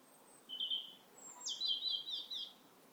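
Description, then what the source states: European robin song: a short silvery phrase, then a thin high note leading into a tumbling run of silvery, wavering trills over a quiet background. Evening song at sunset in September near a village with oaks and stubble fields; the robins are going to bed; speaker calls the song sweet, silvery, unresolved, like dripping water, wistful.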